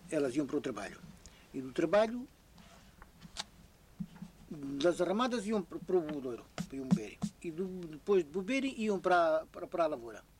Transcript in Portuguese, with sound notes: Elas iam para o trabalho, e do trabalho… [pausa] Das arramadas iam para o bebedoiro, p- iam beber; e do depois de beber, iam para a, para a para a lavoura.